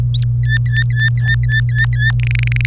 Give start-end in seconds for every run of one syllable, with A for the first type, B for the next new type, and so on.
0.14-0.23 A, 0.44-2.12 B, 2.20-2.65 C